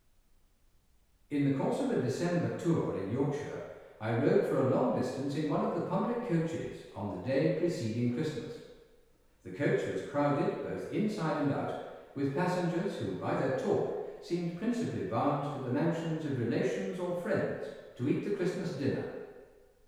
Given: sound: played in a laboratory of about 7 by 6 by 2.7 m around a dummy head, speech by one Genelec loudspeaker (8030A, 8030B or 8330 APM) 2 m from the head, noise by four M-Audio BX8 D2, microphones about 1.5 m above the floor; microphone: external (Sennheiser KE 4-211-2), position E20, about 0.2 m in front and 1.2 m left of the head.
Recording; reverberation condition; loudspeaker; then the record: male speech in English; high; 90 degrees to the right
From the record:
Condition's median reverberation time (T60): about 1300 ms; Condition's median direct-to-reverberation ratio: about -4.0 dB